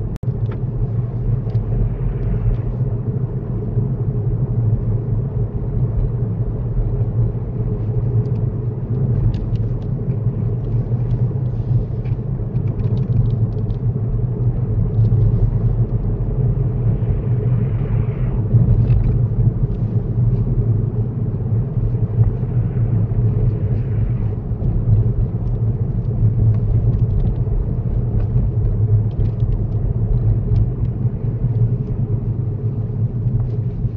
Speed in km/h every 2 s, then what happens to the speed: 40, 39, 39, 37, 37, 35, 37, 40, 39, 37, 35, 34, 32, 31, 32, 27, 23.
0-28 steady at about 37. 28-34 slows to 23.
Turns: none.